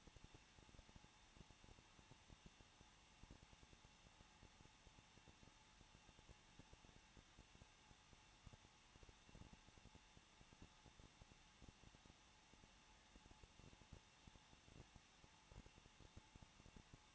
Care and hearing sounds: daily activity, microphone in the room; no activity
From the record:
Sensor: 1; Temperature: 20.1 degrees Celsius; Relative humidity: 39.2%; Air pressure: 1006.3 hPa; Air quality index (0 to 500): 218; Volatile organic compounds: 79 ppm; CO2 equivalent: 3595 ppm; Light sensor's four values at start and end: 1/2/1/1 and 1/2/1/1

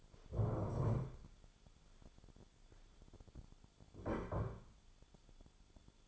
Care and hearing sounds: daily activity, microphone in the room; stand up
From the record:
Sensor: 5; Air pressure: 1015.3 hPa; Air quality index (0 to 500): 183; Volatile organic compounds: 7 ppm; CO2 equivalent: 1988 ppm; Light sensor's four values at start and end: 36/82/33/32 and 36/82/33/32

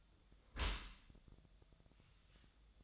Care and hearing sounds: daily activity, microphone in the room; close dishwasher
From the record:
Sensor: 3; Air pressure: 1004.8 hPa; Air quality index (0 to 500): 96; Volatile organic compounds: 3 ppm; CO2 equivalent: 1498 ppm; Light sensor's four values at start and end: 7/18/7/7 and 7/17/7/7

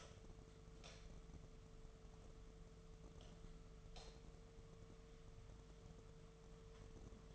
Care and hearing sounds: daily activity, microphone in the room; light on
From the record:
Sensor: 4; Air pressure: 1015.4 hPa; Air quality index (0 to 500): 173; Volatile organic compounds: 7 ppm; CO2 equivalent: 2002 ppm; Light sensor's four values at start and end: 16/37/15/15 and 17/40/16/16

